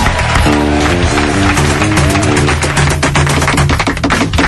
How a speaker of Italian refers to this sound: Questi sono applausi veri invece.